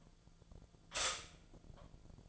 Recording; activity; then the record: daily activity, microphone in the room; stop toaster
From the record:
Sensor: 5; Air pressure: 1009.4 hPa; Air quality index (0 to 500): 168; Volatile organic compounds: 4 ppm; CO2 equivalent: 1630 ppm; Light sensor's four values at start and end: 89/237/96/101 and 89/237/96/101